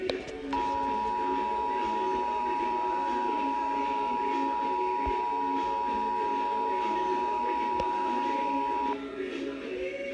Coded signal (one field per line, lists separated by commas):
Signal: Emergency Alert System (SAME) tones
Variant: 853 and 960 Hz attention tone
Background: speech, music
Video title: EAS #50 Severe Thunderstorm Warning